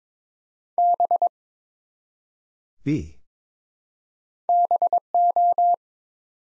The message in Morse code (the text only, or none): B BO